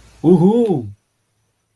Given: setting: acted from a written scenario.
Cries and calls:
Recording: vocal sound without words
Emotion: elation

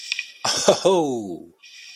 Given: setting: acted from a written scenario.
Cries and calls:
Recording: vocal sound without words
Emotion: elation

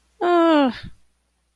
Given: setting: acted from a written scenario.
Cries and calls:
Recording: vocal sound without words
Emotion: distress

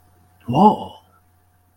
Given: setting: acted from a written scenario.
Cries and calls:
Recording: vocal sound without words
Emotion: positive surprise

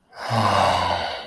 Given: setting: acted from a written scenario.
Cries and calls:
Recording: vocal sound without words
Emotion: shame

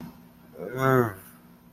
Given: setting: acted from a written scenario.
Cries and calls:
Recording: vocal sound without words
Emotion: shame

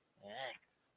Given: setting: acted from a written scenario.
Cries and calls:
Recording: vocal sound without words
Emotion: disgust

